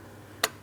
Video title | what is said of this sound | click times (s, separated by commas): How to Replace Ignition Coil Boot Kits 2003-2007 Cadillac CTS 3.6L V6 | Press it in. Listen for a click. Make sure that's secured as well. | 0.4 s